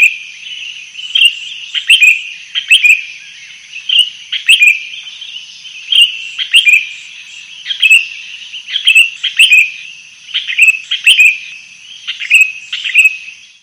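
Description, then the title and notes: Sooty-headed bulbul delivering lively, bubbling chirped phrases in a steady stream, several clusters every couple of seconds, with light high-pitched ticks behind. Song described as gacor, meaning vigorous, persistent singing. "kutilang gacor"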